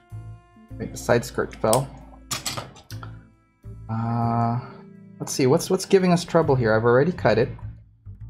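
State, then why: Not seated. A tight-fitting plastic part of an HG FA-78 Full Armor Gundam model kit is handled for pushing into its socket while the kit's arm is being reassembled. Music plays throughout, someone talks, and faint plastic taps and knocks come through around 2.1 to 3.0 seconds. Nothing has seated or clicked yet by the end of the clip.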